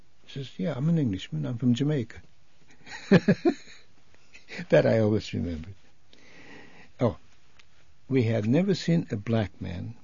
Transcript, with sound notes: He says, "Yeah, I'm an Englishman. I'm from Jamaica." ( he laughs ) That I always remembered. Oh, we had never seen a black man